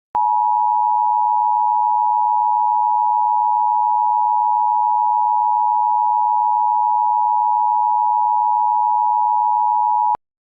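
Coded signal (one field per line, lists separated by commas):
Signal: Emergency Alert System (SAME) tones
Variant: 853 and 960 Hz attention tone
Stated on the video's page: Fictional found-footage alert, not a real broadcast.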